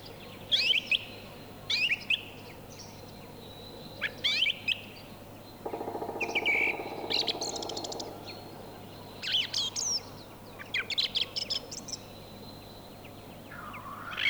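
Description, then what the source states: Song Thrush song: varied whistled and chirping phrases, several repeated in short series. Field recording from Finland, issued on a cassette in 1988.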